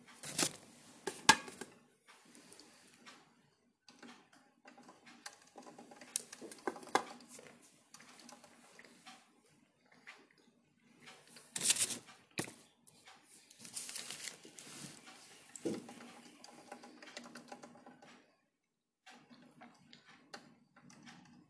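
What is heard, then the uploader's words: Pencil scratching and tapping, broken by sharp papery rustles of pages turning around 1, 7, 12 and 15 seconds. A steady low hum sits underneath, dropping out briefly near 19 seconds before returning. Page turning, pencil, clock ticking.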